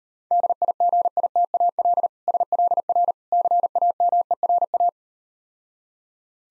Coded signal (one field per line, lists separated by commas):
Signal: Morse code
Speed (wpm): 38 wpm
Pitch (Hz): 700 Hz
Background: none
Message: DIGITAL SLR CAMERA